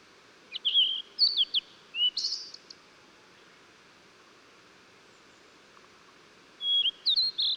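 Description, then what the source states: Blue-and-white flycatcher song: bright whistled notes with a buzzy ending, then after a pause the start of another phrase. Recorded 14 June 2009.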